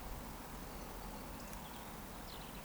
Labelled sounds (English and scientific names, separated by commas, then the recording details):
Eurasian Woodcock (Scolopax rusticola) whistle
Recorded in Baden-Württemberg, Germany, on 14 June 2020 at 19:26 UTC
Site 14569, 102 m above sea level